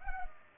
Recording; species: mosquito wingbeat signal from an infrared sensor; Culex pipiens